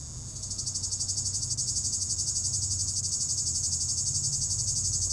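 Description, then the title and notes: Cicada giving a sustained shrill buzz made of quick even pulses, loud and unbroken, over a soft low background hum. Cicada in an apple tree at the top of the Côte de Groisin, Chindrieux, France, at 32°, with traffic on the RD991; Zoom H4n Pro, preamp level 100. "3029 Rte d'Aix, 73310 Chindrieux, France - cigale. Cigale dans un pommier au sommet de la côte de groisin, il fait 32°"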